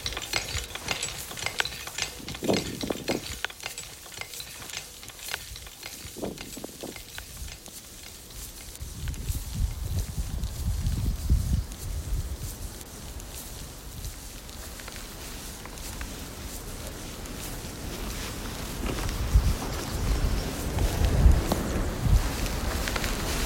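A soundscape from a hike toward Everest Base Camp, made of shifting outdoor textures. Sharp clicks and rattles run through the opening seconds alongside low rumbling, then a steadier hiss settles in. Near the end it grows louder again, with scattered knocks and thumps.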